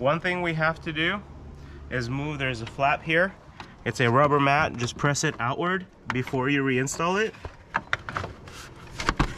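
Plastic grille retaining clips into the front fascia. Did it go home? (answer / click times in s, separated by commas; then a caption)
yes / 7.9 s, 9.1 s. Someone talks while the front grille of a 2022/2023 Nissan Frontier is pressed back onto the truck during a single 30-inch light bar installation, after a rubber flap (a rubber mat) is pushed outward. Sharp snaps are heard at 7.9 s and 9.1 s as the plastic grille retaining clips click into the front fascia. The grille is seated.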